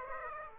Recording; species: mosquito wingbeat signal from an infrared sensor; Aedes aegypti